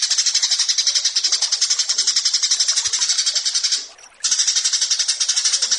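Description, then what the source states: Horsfield's bush lark song: steady, rapid, high-pitched buzzy chatter repeating about four times a second, with one brief break near the four-second mark. Branjangan song paired with 'burger' as a tutor recording for kept songbirds.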